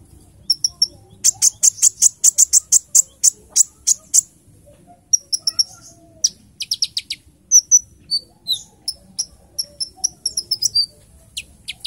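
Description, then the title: Small bird chirping rapidly in a dense high-pitched burst, pausing briefly, then resuming with quick thin notes and short trills until the end. "Burung Kecil 1"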